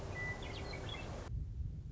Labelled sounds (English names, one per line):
Western Meadowlark